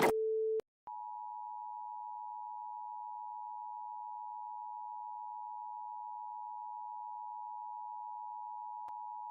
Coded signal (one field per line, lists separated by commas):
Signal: Emergency Alert System (SAME) tones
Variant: 853 and 960 Hz attention tone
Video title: LIVE AM/MW DX: DX Central Live - S. 4, Ep. 5 | Friday, February 9, 2024